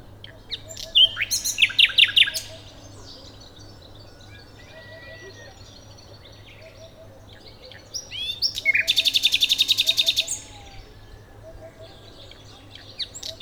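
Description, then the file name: Common nightingale song with two rich phrases of rapid pulsed trills and whistled notes, the second a long fast rattle; quiet pause between, faint other birds and low hum. "Luscinia megarhynchos"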